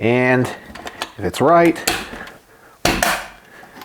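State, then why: Seated. Someone talks while the steel dust cover is pressed down onto the top of the receiver of a Norinco Type 86S bullpup AK rifle in 7.62x39 during reassembly, a tight fit that has to line up. A sharp metallic click at 2.9 s, followed by a brief tick at 3.0 s, marks the cover locking into place.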